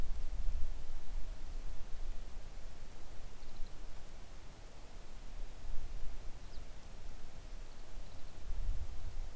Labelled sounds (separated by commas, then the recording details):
songbird
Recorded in the Arctic National Wildlife Refuge, Alaska, on 3 August 2019 at 10:31
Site 41